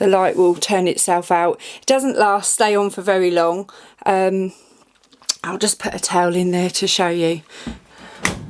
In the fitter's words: okay so nice click on the door going to put that on a towel cuz that's what I've